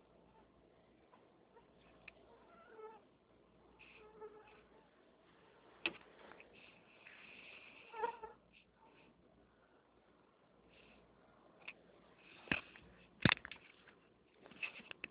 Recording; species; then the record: mosquito flight sound by mobile phone; Anopheles albimanus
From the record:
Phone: Nokia 6555B